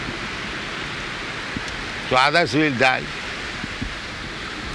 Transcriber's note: none